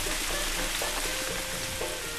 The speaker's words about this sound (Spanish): La lluvia comenzó poco a poco a caer.